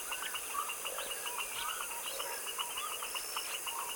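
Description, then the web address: Frogs in a dense dusk chorus, overlapping pulsed and trilling calls packed together without a break, with a steady high insect hiss running underneath. Foaming frog chorus in a tropical wetland swamp, recorded in the evening at dusk. "Articulated Sounds - Tropical Ambiences TROPICAL Wetland swamp evening foaming frog dusk chorus"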